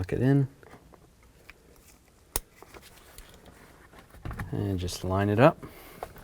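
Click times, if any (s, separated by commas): none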